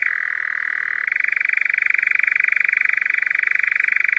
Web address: european nightjar